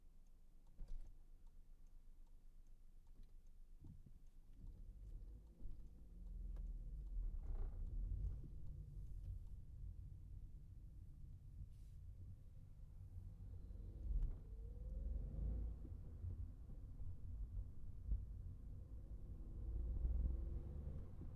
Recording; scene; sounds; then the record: everyday scene through a hearing-aid microphone; in a vehicle; engine, traffic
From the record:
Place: Skoda Fabia, gasoline engine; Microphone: behind the ear, right, front